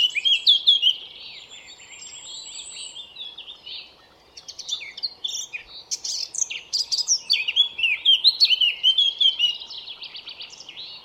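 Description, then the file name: Eurasian blackcap song: a bright whistled opening, a quieter scratchy stretch, then rich fluty warbling that grows louder through the second half. "Sylvia atricapilla"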